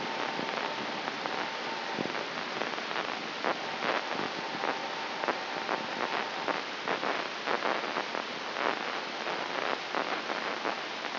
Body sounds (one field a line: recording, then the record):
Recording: brain microelectrode recording played as sound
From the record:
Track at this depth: inside the subthalamic nucleus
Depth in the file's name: 4.938 mm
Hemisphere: right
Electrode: 3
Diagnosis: Parkinson's disease